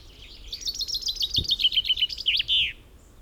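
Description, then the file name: Common chaffinch delivering a single trilled song that tumbles downward through repeated bright notes and ends with a flourish; a brief low thump sounds midway. "Fringilla coelebs"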